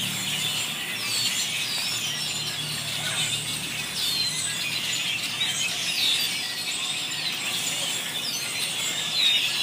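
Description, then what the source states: Birds twittering and chirping in a dense, steady chorus, with scattered sharper downswept notes rising above the mass. Many birds calling frantically, described as going absolutely crazy.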